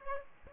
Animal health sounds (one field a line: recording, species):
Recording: mosquito wingbeat signal from an infrared sensor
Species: Aedes aegypti